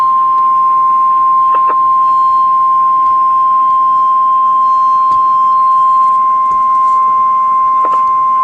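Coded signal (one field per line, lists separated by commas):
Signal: Emergency Alert System (SAME) tones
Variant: 1050 Hz attention tone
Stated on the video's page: Severe weather statement for a tornado warning from NWS Norman, Oklahoma, covering McClain and Cleveland counties.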